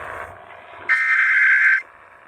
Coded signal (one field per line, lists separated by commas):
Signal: Emergency Alert System (SAME) tones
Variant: header bursts